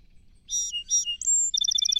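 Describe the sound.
Song sparrow song beginning: two clipped introductory notes, a high thin whistle, then the start of a rapid trill.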